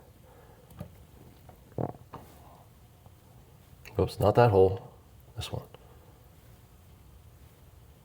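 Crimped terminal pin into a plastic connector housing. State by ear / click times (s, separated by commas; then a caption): not seated / none. A crimped terminal pin on a wire is handled and lined up with a slot in a plastic multi-pin connector housing, with faint taps and rustles around 0.7 to 2.1 seconds and at 3.9 seconds. Someone talks briefly in the middle. The pin has not yet seated or clicked into the housing.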